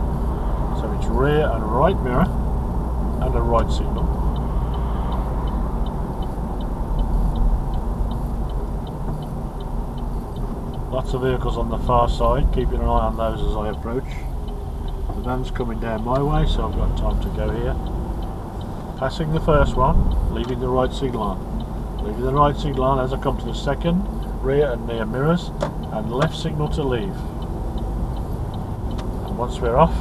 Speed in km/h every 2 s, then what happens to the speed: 37, 37, 35, 32, 27, 24, 19, 15, 15, 21, 21, 18, 15, 18, 21.
0-14 slows to 15. 16-18 speeds up to 21. 18-25 steady at about 18. 25-30 speeds up to 21.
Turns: 21-30.